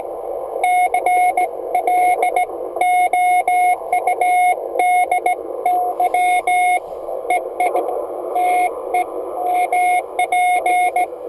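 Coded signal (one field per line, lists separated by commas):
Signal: Morse code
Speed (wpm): 17 wpm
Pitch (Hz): 720 Hz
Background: radio noise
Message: CLOUDY EI TEMP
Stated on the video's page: CW QSO from a car on an Icom 701 at 25W, home-made key, MFJ-1620 antenna.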